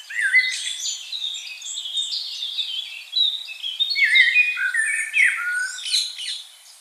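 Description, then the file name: Common blackbird song: a dense run of fluty, warbled and squeaky twittering notes, some dipping low, others high and scratchy, flowing almost without pause throughout. "Turdus merula"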